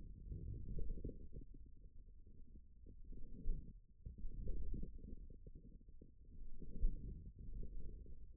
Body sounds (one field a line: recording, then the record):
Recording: forearm muscle sounds (acoustic myography)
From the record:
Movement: forearm supination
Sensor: system 1, eight BSWA MPA416 microphones around the upper forearm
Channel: 6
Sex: male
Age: 41 years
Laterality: right